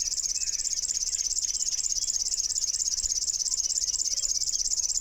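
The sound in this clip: River warbler song: a continuous high, dry mechanical buzz pulsing steadily, with faint other birds behind.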